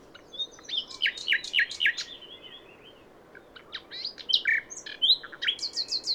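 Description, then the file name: Common nightingale singing varied phrases of sharp chirps and buzzy notes, broken by brief pauses, ending in quick repeated high notes. "Luscinia megarhynchos"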